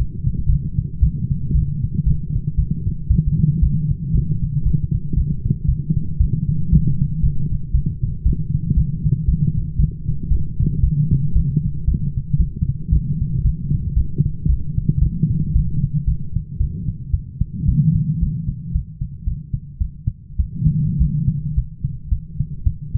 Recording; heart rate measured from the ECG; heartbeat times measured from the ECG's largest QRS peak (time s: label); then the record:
heart sounds by stethoscope; 114 bpm
0.48 s: heartbeat
1.01 s: heartbeat
1.53 s: heartbeat
2.05 s: heartbeat
2.57 s: heartbeat
3.09 s: heartbeat
3.61 s: heartbeat
4.13 s: heartbeat
4.64 s: heartbeat
5.15 s: heartbeat
5.67 s: heartbeat
6.18 s: heartbeat
6.71 s: heartbeat
7.22 s: heartbeat
7.73 s: heartbeat
8.24 s: heartbeat
8.75 s: heartbeat
9.26 s: heartbeat
9.77 s: heartbeat
10.29 s: heartbeat
10.82 s: heartbeat
11.34 s: heartbeat
11.86 s: heartbeat
12.38 s: heartbeat
12.91 s: heartbeat
13.43 s: heartbeat
13.95 s: heartbeat
14.47 s: heartbeat
15.00 s: heartbeat
15.53 s: heartbeat
16.06 s: heartbeat
16.59 s: heartbeat
17.12 s: heartbeat
17.67 s: heartbeat
18.20 s: heartbeat
18.73 s: heartbeat
19.25 s: heartbeat
19.79 s: heartbeat
20.38 s: heartbeat
20.99 s: heartbeat
21.55 s: heartbeat
22.10 s: heartbeat
22.65 s: heartbeat
From the record:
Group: healthy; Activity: light exercise 0-18 s, rest 18-23 s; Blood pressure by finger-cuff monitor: 154/89 mmHg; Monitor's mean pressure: 113 mmHg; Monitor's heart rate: 114 bpm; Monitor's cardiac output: 9.6 L/min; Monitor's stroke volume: 84 mL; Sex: female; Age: 22 years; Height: 161 cm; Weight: 65.5 kg